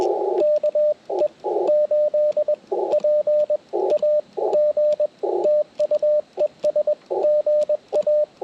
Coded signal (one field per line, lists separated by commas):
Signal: Morse code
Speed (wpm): 19 wpm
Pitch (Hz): 600 Hz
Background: radio noise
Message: KE8PAG TU ES GA